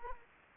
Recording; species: mosquito wingbeat signal from an infrared sensor; Anopheles arabiensis